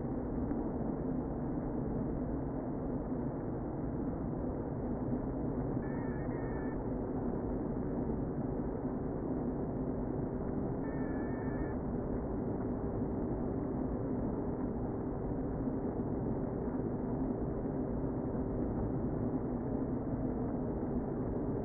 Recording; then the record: honeybee colony, microphone inside the hive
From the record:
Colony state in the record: queen present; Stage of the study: before two queens were removed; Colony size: about 60,000 bees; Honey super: yes